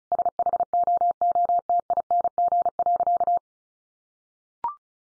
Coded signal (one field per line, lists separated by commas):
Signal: Morse code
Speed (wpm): 34 wpm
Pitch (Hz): 700 Hz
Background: none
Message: SHOOTING.